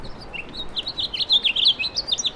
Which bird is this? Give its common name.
House Finch